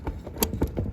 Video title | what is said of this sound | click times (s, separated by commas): Maytag dependable care washer timer replacement | push it till it clicks in place and we'll just continue | 0.4 s